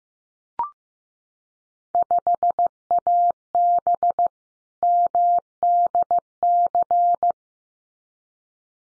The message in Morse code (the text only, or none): 5AB MDC